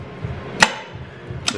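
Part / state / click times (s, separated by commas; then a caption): synchro sleeve engaging a gear in a manual transmission / seated / 0.6 s, 1.5 s. On a removed manual transmission, the shift shaft is moved by hand so the synchro sleeve engages first gear and then second gear. Two sharp, short clicks are heard at 0.6 s and 1.5 s over a low background rumble. Both gears click in and seat.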